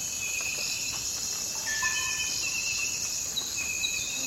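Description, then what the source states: Steady high cricket chorus with long flat tones at two or three pitches overlapping the constant trill. Forest at night.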